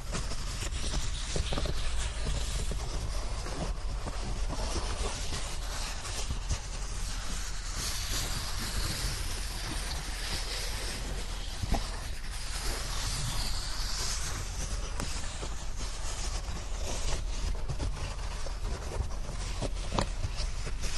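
A dry blanket rustles and slides without pause, a crisp, papery swishing that stays dense and even in loudness for the whole stretch. Small sharp crinkles pop through it often, one a little louder near twelve seconds, over a faint low rumble.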